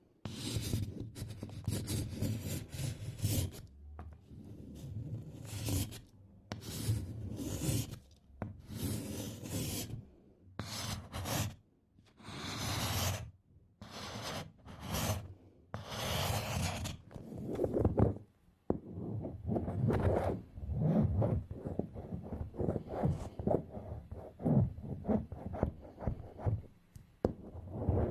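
Candle wax is scraped off in a dry, rasping series of strokes, each a short burst with crisp high edges. The scraping comes in quick irregular clusters through the first eighteen seconds, pauses briefly, then resumes as denser, finer scratching until the end.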